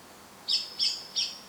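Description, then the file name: Common blackbird call, three quick, hard, high chink notes in a short burst. "Turdus merula"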